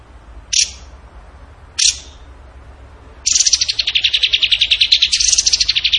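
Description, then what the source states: Bird sound: two sharp single chips, then a long, rapid, harsh chattering trill that wavers slightly in pitch. Masteran training recording of bird song in tembakan gacor style.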